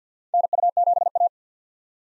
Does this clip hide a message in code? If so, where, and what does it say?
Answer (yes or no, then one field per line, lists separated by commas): yes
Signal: Morse code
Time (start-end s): 0.3-1.3 s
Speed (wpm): 46 wpm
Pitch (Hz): 700 Hz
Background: none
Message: NU7A